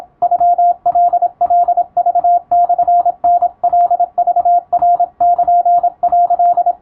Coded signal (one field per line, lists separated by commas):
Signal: Morse code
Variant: Japanese Wabun code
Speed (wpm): 26 wpm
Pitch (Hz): 700 Hz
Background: radio noise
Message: ノカカクモタカクナル」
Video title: 毎日聴いて2023GWにマスターしよう！和文モールス信号！通信士国家試験の無線電報形式、設定で速度を調整して受信練習を始めよう(morse code practice radio operator )